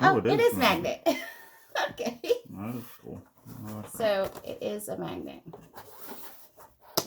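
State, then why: Seated. Someone talks as the magnetic flap clasp of a miniatures binder is brought together, and it snaps shut with a sharp click at 7.0 s. The closure seats.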